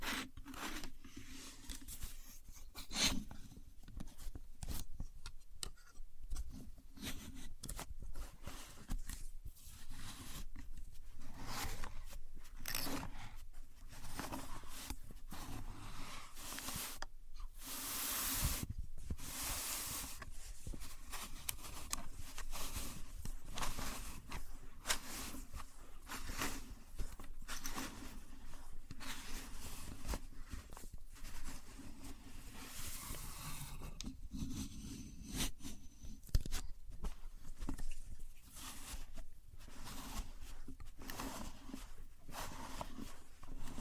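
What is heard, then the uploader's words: Someone works a contour gauge, its pins clicking and scraping in dense, irregular bursts throughout. Sharp clatters come every second or so, some louder and brighter, with a low steady hum underneath the whole time. Using A Contour Gauge (No Talking).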